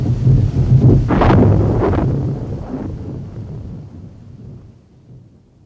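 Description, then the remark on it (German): A thunderstorm with a heavy, rumbling roll of thunder that cracks loudly at the start, then slowly fades into a low, dwindling growl amid wind noise. “Während in den zuckenden Blitzen das Haus Arnmeyers jenseits des Wassers aufleuchtete.”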